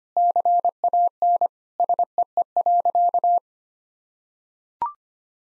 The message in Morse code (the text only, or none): CAN SEE.